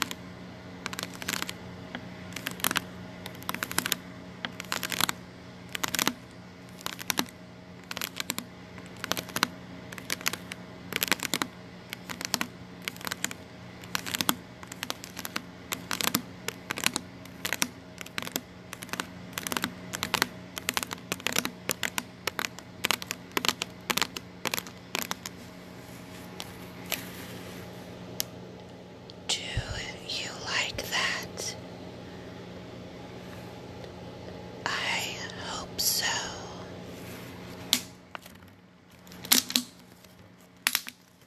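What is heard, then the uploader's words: Someone taps on a water bottle in quick, sharp clicks, fairly regular for the first half minute, then sparser. A steady low hum runs underneath. Around thirty and thirty-five seconds, brief crinkly rustling breaks in before a few final taps. ASMR Tapping Water Bottle.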